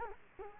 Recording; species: mosquito wingbeat signal from an infrared sensor; Culex quinquefasciatus